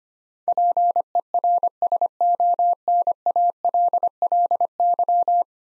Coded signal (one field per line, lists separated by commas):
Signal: Morse code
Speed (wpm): 25 wpm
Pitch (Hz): 700 Hz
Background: none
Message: PERSONALLY